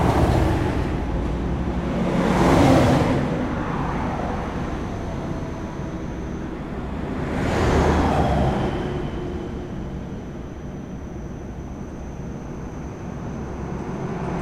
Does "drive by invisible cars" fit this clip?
yes